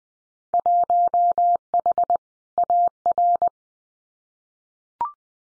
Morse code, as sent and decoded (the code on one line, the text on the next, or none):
.---- .... / .- .-.
1H AR